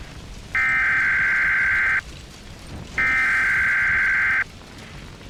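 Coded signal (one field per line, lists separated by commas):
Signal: Emergency Alert System (SAME) tones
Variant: header bursts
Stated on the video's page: Fictional EAS scenario; simulated alert tones, not a real broadcast.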